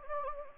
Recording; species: mosquito wingbeat signal from an infrared sensor; Anopheles gambiae